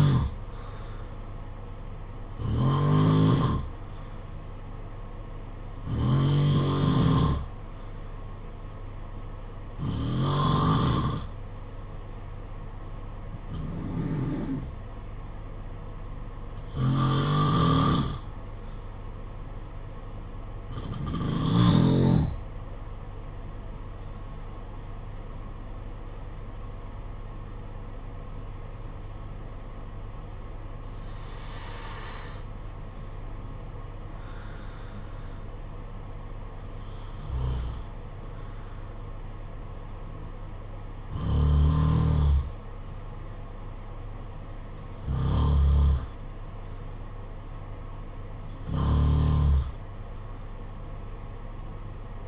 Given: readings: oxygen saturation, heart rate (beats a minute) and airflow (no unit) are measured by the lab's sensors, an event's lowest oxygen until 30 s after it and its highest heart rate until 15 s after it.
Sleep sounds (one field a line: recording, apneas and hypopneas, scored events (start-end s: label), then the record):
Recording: breathing in sleep by a smartphone at the bedside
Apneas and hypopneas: 1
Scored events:
9.00-24.30 s: hypopnea (N2, oxygen 94% highest, then 93% lowest, heart rate 56 at the start, 57 highest)
11.00-41.00 s: new sleep stage, N1 (lightest sleep)
41.00-52.28 s: new sleep stage, N2 (light sleep)
From the record:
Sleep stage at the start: N2 (light sleep)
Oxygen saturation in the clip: 90 to 94%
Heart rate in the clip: 51 to 63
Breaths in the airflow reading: 13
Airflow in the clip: -8.8 to 8.7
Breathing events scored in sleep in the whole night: 476 in 9.7 hours asleep